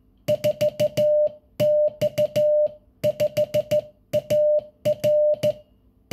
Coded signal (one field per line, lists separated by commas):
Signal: Morse code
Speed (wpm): 14 wpm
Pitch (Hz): 600 Hz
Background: music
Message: 4X5AR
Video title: Passover & Easter wishes in morse code